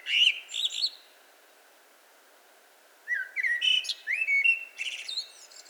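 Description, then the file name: Eurasian blackbird song: a phrase ends with a high scratchy twitter, quiet follows, then a new mellow fluted warble climbs into squeaky high notes. "Turdus merula"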